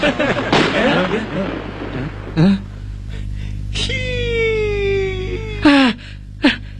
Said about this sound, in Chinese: 不是我吹的，这是真正的枪响！